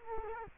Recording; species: mosquito wingbeat signal from an infrared sensor; Culex quinquefasciatus